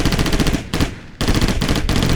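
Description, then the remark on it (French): Loud, rapid bursts of automatic gunfire rattle in dense, continuous volleys, broken by a couple of brief pauses before the firing resumes. “Akion, Iris, Chris et les soldats entendent les coups de feu tandis qu'ils cheminent vers la tour”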